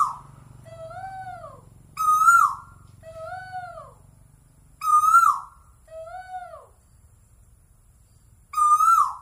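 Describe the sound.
Bird song: a loud, harsh note followed by a softer, downward-sliding two-tone whistle, the phrase repeated every few seconds.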